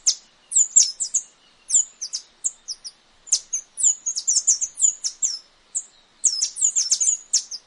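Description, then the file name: Tanager: high, piercing chirps and quick downslurred notes, sometimes clustered tightly, sometimes spaced singly, on a quiet background. "canto da saira dourada"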